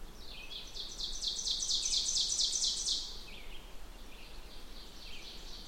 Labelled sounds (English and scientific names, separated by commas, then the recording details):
Ovenbird (Seiurus aurocapilla) song
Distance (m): 40 m
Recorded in boreal forest in Alberta, Canada, on 16 June 2016 at 08:03
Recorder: SongMeter 3, array SBT-3-32
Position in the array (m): 144 m, 26 m
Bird 36